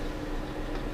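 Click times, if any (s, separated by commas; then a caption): none. The first memory module is being handled over the SO-DIMM slot of an Acer Aspire E1-571G laptop before it is pushed down into place. Only a steady broadband noise with a constant low hum is heard, with no distinct click. Nothing has seated or clicked yet.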